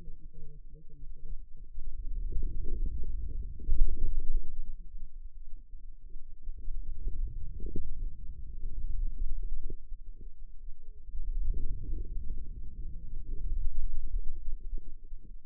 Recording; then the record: forearm muscle sounds (acoustic myography)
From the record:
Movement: wrist extension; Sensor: system 2, bracelet of six BSWA MPA416 microphones around the upper forearm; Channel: 6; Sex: female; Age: 25 years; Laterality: right